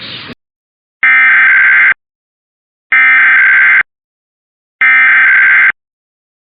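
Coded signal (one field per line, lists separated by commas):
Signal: Emergency Alert System (SAME) tones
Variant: header bursts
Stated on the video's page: EAS monthly and weekly tests recorded overnight.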